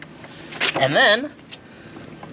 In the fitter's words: all righty I kind of pick up a little bit on the back you want to make sure you hear that good click there